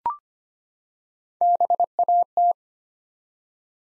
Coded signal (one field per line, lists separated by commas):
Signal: Morse code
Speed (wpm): 25 wpm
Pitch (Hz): 700 Hz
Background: none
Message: BAT